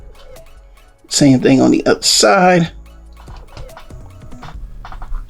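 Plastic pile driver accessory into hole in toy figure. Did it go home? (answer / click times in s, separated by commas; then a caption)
no / none. A second plastic pile driver accessory is pushed into the hole on the other side of a blue Transformers Studio Series '86 Core Class Rumble toy figure, and it doesn't click like the first side did. Someone talks in the middle of the clip, followed by a few soft plastic taps and handling sounds near the end. Nothing has seated or clicked yet.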